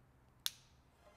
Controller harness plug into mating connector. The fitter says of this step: pretty obvious which goes into which and you're going to hear a little click